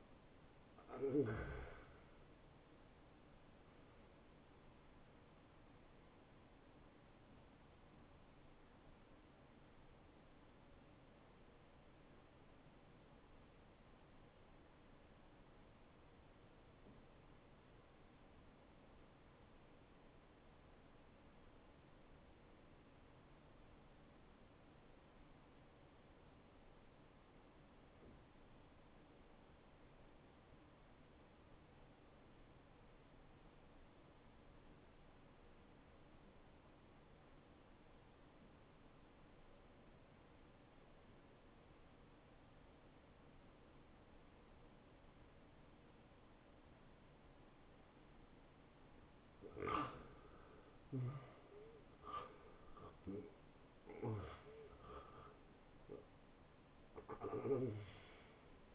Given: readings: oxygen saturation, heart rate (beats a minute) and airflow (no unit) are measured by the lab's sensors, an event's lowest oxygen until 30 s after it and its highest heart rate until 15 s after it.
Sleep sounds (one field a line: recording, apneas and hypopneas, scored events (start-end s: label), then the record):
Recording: breathing in sleep by a voice recorder at the bedside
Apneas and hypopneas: 1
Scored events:
7.00-50.10 s: hypopnea (N2, oxygen 92% highest, then 78% lowest, heart rate 85 at the start, 85 highest)
10.00-58.75 s: new sleep stage, N1 (lightest sleep)
From the record:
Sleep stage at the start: N2 (light sleep)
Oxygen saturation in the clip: 76 to 92%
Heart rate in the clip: 59 to 87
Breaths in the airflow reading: 7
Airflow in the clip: -19.7 to 9.5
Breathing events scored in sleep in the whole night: 263 in 5.5 hours asleep